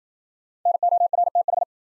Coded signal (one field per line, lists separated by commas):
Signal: Morse code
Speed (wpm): 52 wpm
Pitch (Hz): 700 Hz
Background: none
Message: NORTH